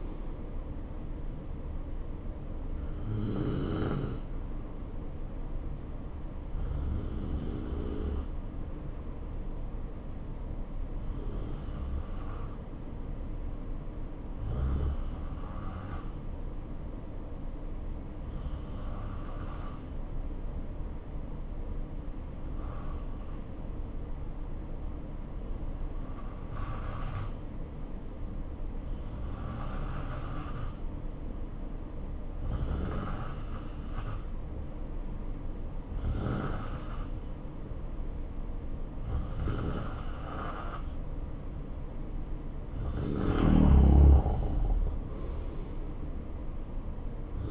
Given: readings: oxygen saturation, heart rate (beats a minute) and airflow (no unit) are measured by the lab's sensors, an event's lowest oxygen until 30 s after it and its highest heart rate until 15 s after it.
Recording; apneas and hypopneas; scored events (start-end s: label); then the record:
breathing in sleep by a smartphone at the bedside; 1
5.00-38.80 s: hypopnea (N2, oxygen 93% highest, then 86% lowest, heart rate 64 at the start, 70 highest)
From the record:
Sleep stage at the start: N2 (light sleep); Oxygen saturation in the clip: 84 to 93%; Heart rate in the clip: 63 to 70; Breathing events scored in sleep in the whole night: 277 in 7.4 hours asleep